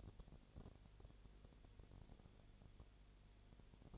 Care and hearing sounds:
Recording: daily activity, microphone in the room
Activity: no activity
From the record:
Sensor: 4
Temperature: 22.7 degrees Celsius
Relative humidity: 32.0%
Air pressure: 1008.1 hPa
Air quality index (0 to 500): 114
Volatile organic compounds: 2 ppm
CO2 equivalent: 1102 ppm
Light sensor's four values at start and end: 2/3/1/1 and 2/3/1/1

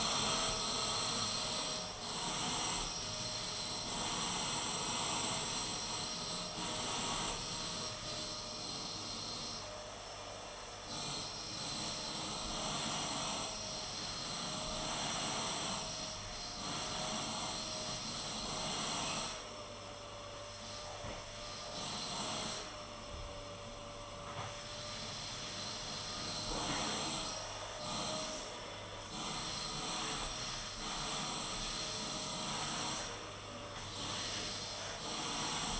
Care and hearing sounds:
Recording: daily activity, microphone in the room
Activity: vacuum cleaning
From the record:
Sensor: 4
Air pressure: 991.8 hPa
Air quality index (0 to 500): 113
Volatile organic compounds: 20 ppm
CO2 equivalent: 2690 ppm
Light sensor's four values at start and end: 19/63/23/23 and 19/62/23/23

